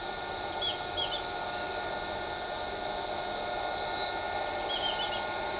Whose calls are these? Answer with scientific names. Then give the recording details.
none. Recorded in shrubland near Pivijay, Magdalena, Colombia, on 14 April 2023 at 07:00. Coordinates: 10.453, -74.365. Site P5-G022